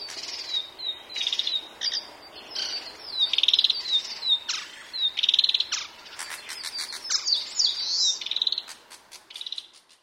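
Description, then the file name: Narcissus flycatcher song: short clear whistled phrases, some rising and falling, mixed with sharp clicking bursts and rapid ticking notes. "kibitaki"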